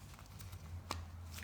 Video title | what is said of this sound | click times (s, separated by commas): How To Fit Ls Truck Engine Ac Compressor On A Turbo G-Body Montecarlo SS | okay i heard him snap | 0.9 s